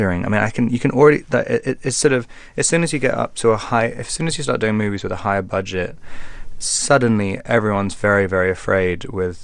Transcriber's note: none